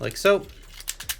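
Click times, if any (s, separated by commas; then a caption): 0.9 s. Someone talks briefly as the plastic foot peg on a transforming toy robot is pushed into the matching foot socket, pegging the robot's feet together. A short, sharp click at 0.9 s marks the peg seating, with a few quieter taps around it.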